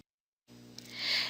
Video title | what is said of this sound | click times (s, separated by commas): Vantage 14 Use and Care | Make note that the squeegee snaps into place to prevent the squeegee from falling out. | 0.8 s